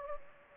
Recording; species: mosquito wingbeat signal from an infrared sensor; Anopheles gambiae